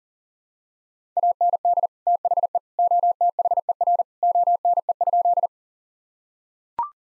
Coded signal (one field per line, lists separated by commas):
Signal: Morse code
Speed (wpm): 40 wpm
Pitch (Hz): 700 Hz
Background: none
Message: AND THE OTHER ONE?